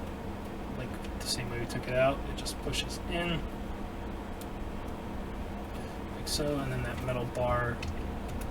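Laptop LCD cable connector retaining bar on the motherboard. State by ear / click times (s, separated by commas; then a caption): not seated / none. Someone talks while the LCD cable connector of an Apple MacBook Pro A1297 laptop is pushed into its motherboard socket and the metal retaining bar is brought down over it, with faint handling noise under a steady low hum. Nothing has seated or clicked yet when the clip ends.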